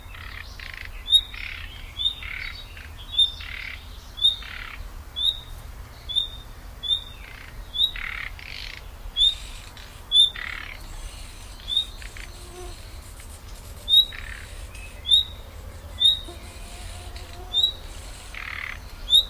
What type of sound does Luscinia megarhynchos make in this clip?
alarm call